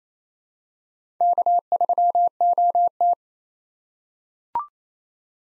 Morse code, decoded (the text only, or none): K3OT